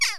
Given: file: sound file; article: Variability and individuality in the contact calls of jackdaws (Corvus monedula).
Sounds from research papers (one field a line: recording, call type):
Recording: jackdaw call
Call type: harmonic